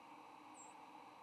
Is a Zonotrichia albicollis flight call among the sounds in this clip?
yes